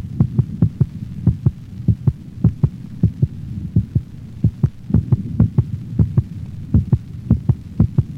Canine Heart Sounds. Another normal dog recorded over the mitral valve location.